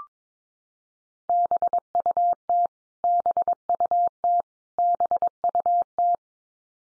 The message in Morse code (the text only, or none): BUT BUT BUT